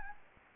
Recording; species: mosquito wingbeat signal from an infrared sensor; Anopheles gambiae